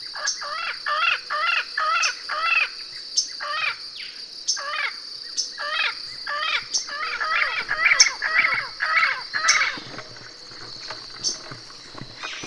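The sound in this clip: Bird calls, harsh downslurred notes in quick runs of about two per second, pausing and then resuming, over a steady high insect drone with occasional sharp clicks.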